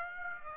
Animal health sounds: mosquito wingbeat signal from an infrared sensor; Aedes aegypti

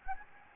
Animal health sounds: mosquito wingbeat signal from an infrared sensor; Anopheles gambiae

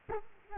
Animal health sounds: mosquito wingbeat signal from an infrared sensor; Culex quinquefasciatus

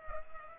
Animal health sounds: mosquito wingbeat signal from an infrared sensor; Culex pipiens

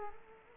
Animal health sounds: mosquito wingbeat signal from an infrared sensor; Culex quinquefasciatus

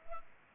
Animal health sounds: mosquito wingbeat signal from an infrared sensor; Culex pipiens

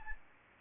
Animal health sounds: mosquito wingbeat signal from an infrared sensor; Aedes albopictus

